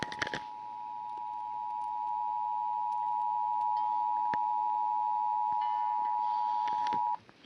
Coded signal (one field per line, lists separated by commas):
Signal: Emergency Alert System (SAME) tones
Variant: 853 and 960 Hz attention tone